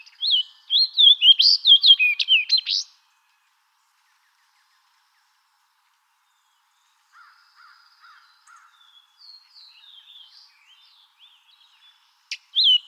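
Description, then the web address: Fox Sparrow song: a rich, warbled phrase of slurred whistled notes lasting about two seconds, then faint scattered notes and a brief fresh start near the end. "Radio Sound Files Current 2011-April 20110421 Fox Sparrow"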